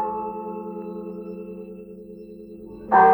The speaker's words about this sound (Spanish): tañidos de unas campanas. ¿Las oyen? Son unas campanas que anuncian que algo sobrenatural va a ocurrir.